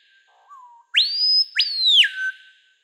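Screaming piha giving its loud call, a quiet low introductory note followed by two piercing upslurred whistles, the last dropping away into a fading lower whistle.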